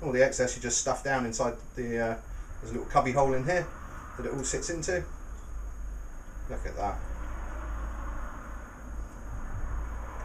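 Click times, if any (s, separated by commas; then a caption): none. A man talks while the excess depower line is stuffed into the small cubby hole of a North 2013 Trust kitesurf control bar, and the plastic cubby cover is handled and worked back into place, with quieter handling noise after the talk stops. The cover has not clicked back in yet.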